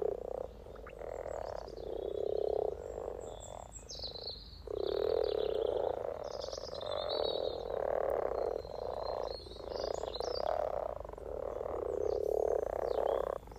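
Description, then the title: Frog chorus of long purring croaks, rising and falling in waves with short gaps, with birds singing in the background. Spring chorus of 20 frogs in a sunny garden pond, some floating or sitting on fresh frogspawn, greeting arriving females; Freshfield, Formby, Merseyside, UK, sunny St Patrick's Day, 17 March 2023. "Frog Chorus Spring sounds first Lunch outside St Patrick’s day 17 March 2023 . Freshfield, Formby"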